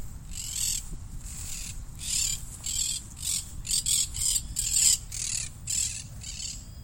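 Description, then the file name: Parakeet giving harsh, raspy screeches in a rapid series of short bursts, about two per second, over a steady low rumble of background noise. "Cotorra"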